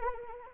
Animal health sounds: mosquito wingbeat signal from an infrared sensor; Anopheles arabiensis

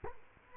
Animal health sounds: mosquito wingbeat signal from an infrared sensor; Culex quinquefasciatus

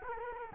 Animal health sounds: mosquito wingbeat signal from an infrared sensor; Culex quinquefasciatus

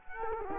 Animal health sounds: mosquito wingbeat signal from an infrared sensor; Culex quinquefasciatus

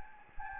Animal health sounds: mosquito wingbeat signal from an infrared sensor; Anopheles gambiae

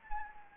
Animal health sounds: mosquito wingbeat signal from an infrared sensor; Anopheles gambiae

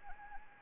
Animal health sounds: mosquito wingbeat signal from an infrared sensor; Anopheles arabiensis

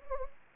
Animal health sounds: mosquito wingbeat signal from an infrared sensor; Anopheles gambiae

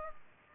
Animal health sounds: mosquito wingbeat signal from an infrared sensor; Culex pipiens

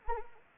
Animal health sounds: mosquito wingbeat signal from an infrared sensor; Anopheles arabiensis

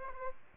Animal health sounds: mosquito wingbeat signal from an infrared sensor; Aedes aegypti

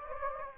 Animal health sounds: mosquito wingbeat signal from an infrared sensor; Anopheles gambiae

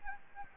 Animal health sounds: mosquito wingbeat signal from an infrared sensor; Anopheles gambiae

